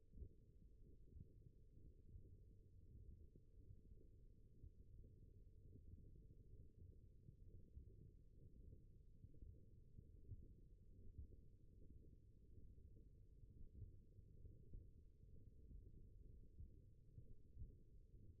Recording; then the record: forearm muscle sounds (acoustic myography)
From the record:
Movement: tripod grip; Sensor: system 1, eight BSWA MPA416 microphones around the upper forearm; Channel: 3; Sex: male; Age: 21 years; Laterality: right